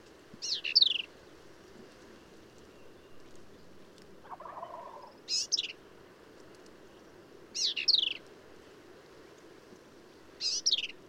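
Black-capped vireo giving four short phrases of scratchy, slurred high notes a few seconds apart, with a faint lower buzzy note in between.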